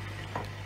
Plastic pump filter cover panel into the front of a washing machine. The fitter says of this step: hecho esto en la parte inferior simplemente lo tocas en la parte superior y simplemente hace clic en, ahí vamos